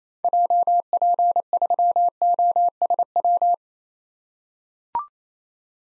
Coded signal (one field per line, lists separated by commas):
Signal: Morse code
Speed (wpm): 28 wpm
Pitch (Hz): 700 Hz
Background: none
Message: JP3OSW